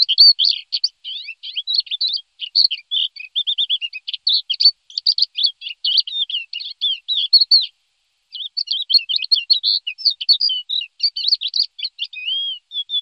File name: chocholouš-vavřínový